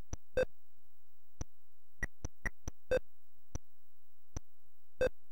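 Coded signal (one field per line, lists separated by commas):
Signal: none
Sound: a game's sound effects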